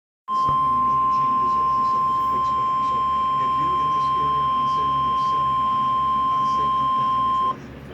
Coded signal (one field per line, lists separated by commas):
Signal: Emergency Alert System (SAME) tones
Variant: 1050 Hz attention tone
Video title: Severe thunderstorm warning for MY CITY AGAIN!!!!! EAS #17